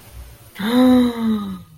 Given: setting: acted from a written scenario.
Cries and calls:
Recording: vocal sound without words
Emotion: negative surprise

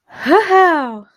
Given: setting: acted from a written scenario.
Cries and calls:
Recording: vocal sound without words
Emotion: pride

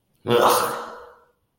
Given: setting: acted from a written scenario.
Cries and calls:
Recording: vocal sound without words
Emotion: disgust

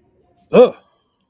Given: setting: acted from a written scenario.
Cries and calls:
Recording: vocal sound without words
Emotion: negative surprise

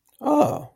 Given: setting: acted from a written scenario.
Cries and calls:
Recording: vocal sound without words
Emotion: realization

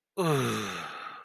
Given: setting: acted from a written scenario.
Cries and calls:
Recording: vocal sound without words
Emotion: ecstasy

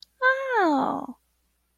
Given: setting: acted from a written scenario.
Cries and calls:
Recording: vocal sound without words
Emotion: positive surprise

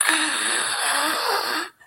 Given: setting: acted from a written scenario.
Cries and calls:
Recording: vocal sound without words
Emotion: pain

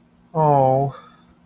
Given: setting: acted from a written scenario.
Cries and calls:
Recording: vocal sound without words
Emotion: sympathy

